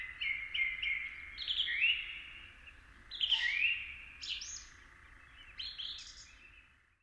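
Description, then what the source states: Eurasian eagle-owl begging calls, hoarse hissing screeches coming rapidly and overlapping, some rising at the end, fading out in the final second. Two fledged juveniles giving begging calls.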